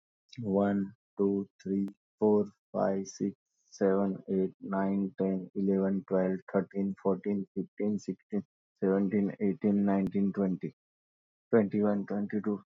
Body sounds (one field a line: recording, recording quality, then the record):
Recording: counting at a normal pace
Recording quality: excellent, no background noise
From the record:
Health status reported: exposed to COVID-19, no respiratory illness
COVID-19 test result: not tested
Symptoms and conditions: none ticked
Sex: male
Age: 31 years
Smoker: not ticked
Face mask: worn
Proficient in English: yes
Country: India